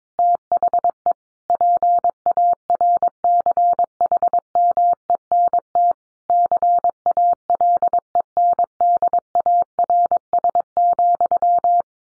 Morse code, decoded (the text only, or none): THE PARCHMENT CALENDARS,